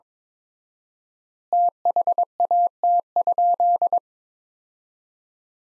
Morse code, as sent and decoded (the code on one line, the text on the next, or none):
- .... .- - ..--..
THAT?